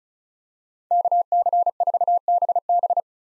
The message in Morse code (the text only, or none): KC4BB